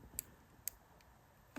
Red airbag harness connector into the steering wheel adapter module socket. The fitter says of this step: When you put them in, you'll hear a click